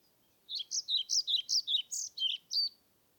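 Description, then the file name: European Pied Flycatcher singing one phrase of several clear, high, slightly varied notes delivered evenly. Submitted recording, dated 25 May 2021, from Nordvik; made with a Zoom recorder. "20210525 svarthvit nordvik zoom"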